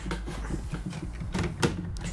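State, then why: Not seated. A plastic side panel is pushed against the body of a black PlayStation 5 console, making a steady low hum with short plastic knocks and rubs around 0.1, 1.4 and 1.6 seconds. The panel does not go on, and nothing has seated or clicked yet.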